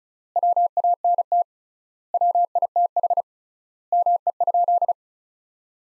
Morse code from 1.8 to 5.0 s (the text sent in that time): WITH ME?